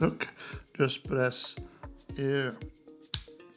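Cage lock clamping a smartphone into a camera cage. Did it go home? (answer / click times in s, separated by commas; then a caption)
yes / 3.1 s. Someone talks while pressing the locking point on a metal camera cage to clamp an iPhone 16 Pro Max in place, with music underneath. A single sharp click is heard at 3.1 s as the cage lock clicks shut and the phone is seated.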